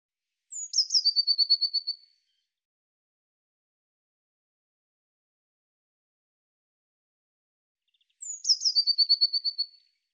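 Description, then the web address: Eurasian blue tit calling twice, about eight seconds apart. Each phrase opens with high sliding notes and runs into a fast trill of similar notes. Cleaned and normalized. "Deverinetal"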